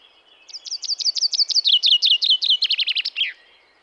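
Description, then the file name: Common chaffinch song, a lively descending series of clear chipping notes that accelerates into a brisk trill and finishes with a flourish, with little else audible. "Fringilla coelebs"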